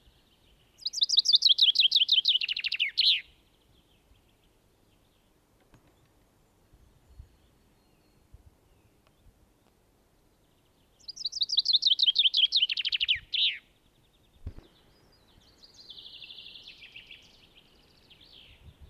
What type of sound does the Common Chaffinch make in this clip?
song